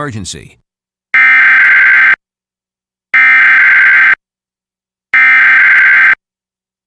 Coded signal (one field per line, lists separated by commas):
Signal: Emergency Alert System (SAME) tones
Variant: header bursts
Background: speech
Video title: EAS #857: EAS Required Monthly Test- Aug. 7, 2023- 8:15PM PDT